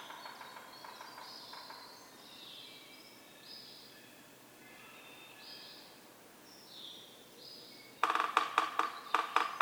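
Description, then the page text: Yellow-bellied Sapsucker drumming: faint knocking at the start under other birds' songs, then a loud, rapid roll breaking into irregular taps at the end. Several drummers in a community using various substrates; recorded 6:22–6:50 a.m., starting 15 minutes before sunrise, April 24, 2018, Atlanta, Michigan; stereo recording. "Yellow-bellied sapsucker: My favorite community of drummers, this one recorded beginning 15 minutes before sunrise and continuing well after."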